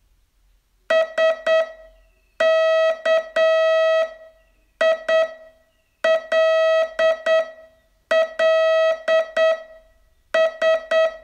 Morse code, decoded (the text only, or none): SKILLS